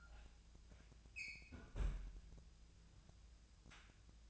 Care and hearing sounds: daily activity, microphone in the room; close fridge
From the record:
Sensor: 2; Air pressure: 999.9 hPa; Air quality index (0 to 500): 117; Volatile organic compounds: 2 ppm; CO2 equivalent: 1011 ppm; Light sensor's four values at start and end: 34/86/36/41 and 34/86/36/41

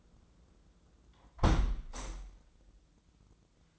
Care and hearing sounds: daily activity, microphone in the room; close window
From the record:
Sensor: 3

